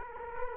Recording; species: mosquito wingbeat signal from an infrared sensor; Culex quinquefasciatus